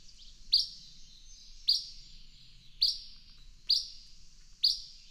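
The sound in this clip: Bird song: five bright high chirps, each a sudden attack fading into a level tone, spaced roughly a second apart over faint background hiss.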